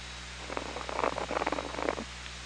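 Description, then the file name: Orca pulsed call: a burst of rapid clicks and buzzy pulses lasting about a second and a half, over steady low hum and hiss. Recorded by hydrophone on 24 August 2017. "20170824"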